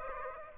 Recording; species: mosquito wingbeat signal from an infrared sensor; Aedes aegypti